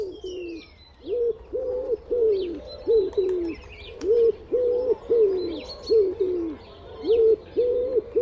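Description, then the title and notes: Common Wood Pigeon cooing in low, hooting phrases of several notes, the phrase repeated with brief pauses, and faint chirps of small birds. Presented as the week's nature sound by Juha Laaksonen; the call has five syllables with the stress on the second. "Viikon luontoääni: Sepelkyyhky. Viikon luontoäänen esitteli Juha Laaksonen. Yle"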